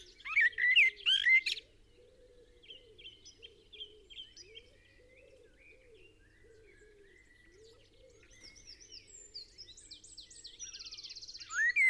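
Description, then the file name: Eurasian blackbird giving a loud burst of chattering notes, then quieter scattered phrases, with high trilling birds and a repeated low hooting sound behind. "Turdus merula"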